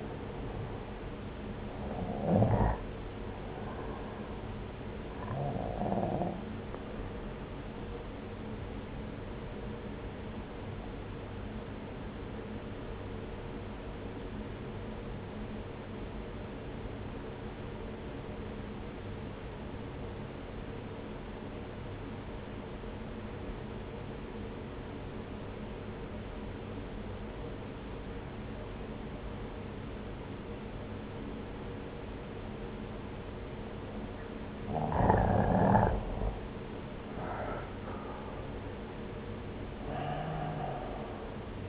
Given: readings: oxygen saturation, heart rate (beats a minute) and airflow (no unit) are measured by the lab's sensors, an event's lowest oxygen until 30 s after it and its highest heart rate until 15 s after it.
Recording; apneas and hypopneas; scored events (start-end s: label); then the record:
breathing in sleep by a voice recorder at the bedside; 1
3.00-41.69 s: new sleep stage, N1 (lightest sleep)
11.00-36.80 s: obstructive apnea (N1, oxygen 94% highest, then 86% lowest)
From the record:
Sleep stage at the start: N2 (light sleep); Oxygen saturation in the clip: 89 to 94%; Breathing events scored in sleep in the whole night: 303 in 8.1 hours asleep